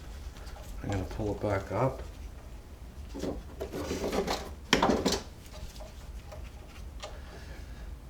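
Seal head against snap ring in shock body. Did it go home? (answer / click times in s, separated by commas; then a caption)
yes / 4.7 s. Someone talks while the shaft of a Suzuki DR650 motorcycle rear shock is pulled back up so the seal head seats against the freshly installed snap ring in the shock body. A sharp click at 4.7 s marks the seal head seating, and it is seated properly.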